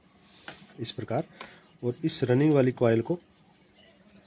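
While rewinding an LG washing-machine spin motor, an insulating separator is pressed between the stator windings with two fingers and the running coil is lifted slightly with a thumb, since the separator is hard to fit and does not set in easily. Someone talks throughout, with quiet handling sounds underneath. Nothing has seated or clicked yet.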